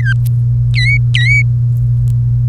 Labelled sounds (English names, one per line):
Domestic Canary song